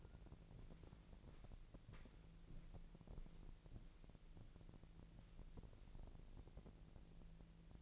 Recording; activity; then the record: daily activity, microphone in the room; walk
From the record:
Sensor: 5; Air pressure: 1002.1 hPa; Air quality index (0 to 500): 241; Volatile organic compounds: 27 ppm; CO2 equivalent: 2891 ppm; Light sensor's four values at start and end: 31/74/31/34 and 31/74/31/34